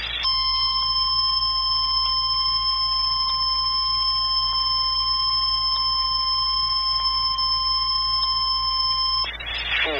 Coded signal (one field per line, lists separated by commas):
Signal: Emergency Alert System (SAME) tones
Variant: 1050 Hz attention tone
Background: speech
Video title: EAS (Triple Header) Hurricane Warning Coast of Hawaii (Hurricane Douglas) NOAA Weather Radio WWG75